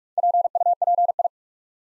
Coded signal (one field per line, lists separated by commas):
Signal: Morse code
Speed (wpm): 44 wpm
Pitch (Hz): 700 Hz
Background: none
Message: PUPI